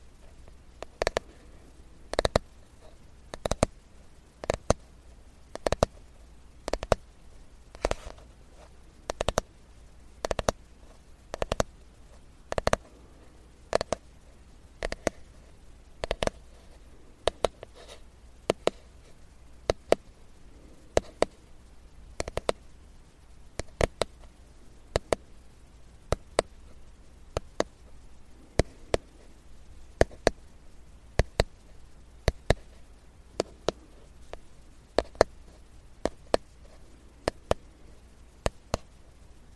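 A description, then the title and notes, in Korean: A wooden comb gives sharp, dry clicks at a fairly steady pace, about one per second, over a faint low hum throughout. 나무 빗 소리.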